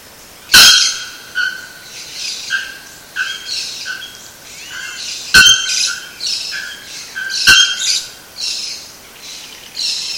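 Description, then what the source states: Bare-throated bellbird repeating loud metallic strikes among a run of softer ringing notes and hissy sounds, three sharp clanks standing out. Recorded at Sítio Cachoeira, Mogi das Cruzes, São Paulo state, Brazil, on 7-2-15.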